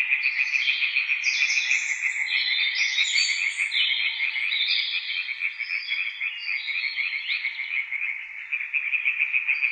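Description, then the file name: European tree frog chorus: a rapid, steady train of harsh pulsed croaks, several per second, over a dense overlapping wash of other frogs calling throughout. Several tree frogs calling at Witteveen, Netherlands. "Boomkikkers bij Witteveen - luc de bruijn"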